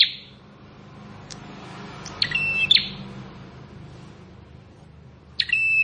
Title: Ciblek Sawah